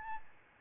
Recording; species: mosquito wingbeat signal from an infrared sensor; Aedes albopictus